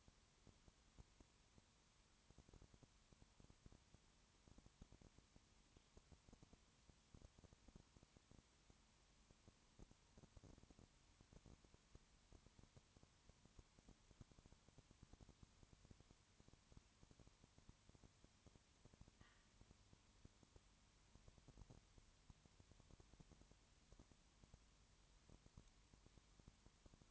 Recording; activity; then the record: daily activity, microphone in the room; no activity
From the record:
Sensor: 3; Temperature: 21.1 degrees Celsius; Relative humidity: 37.0%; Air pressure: 1010.6 hPa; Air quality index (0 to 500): 204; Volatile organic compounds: 31 ppm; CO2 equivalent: 2984 ppm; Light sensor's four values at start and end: 2/3/2/2 and 2/3/2/2